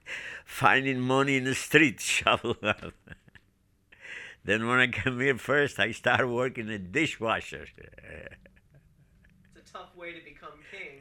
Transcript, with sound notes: Finding money in the streets, shovel it up. (he laughs) Then when I come here first, I start working as dishwasher. (he laughs)
That's a tough way to become king.